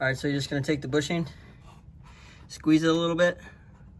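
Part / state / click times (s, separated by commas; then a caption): shifter cable bushing into transmission shift lever / not seated / none. A replacement shifter cable bushing for the transmission shift lever of a 2015 Dodge Dart, being fixed for a stuck-in-gear problem, is being handled and squeezed before it is pushed through its mounting hole. Someone talks from 0.0 to 1.3 s and again from 2.6 to 3.3 s, with only faint low background noise in between. Nothing has seated or clicked yet.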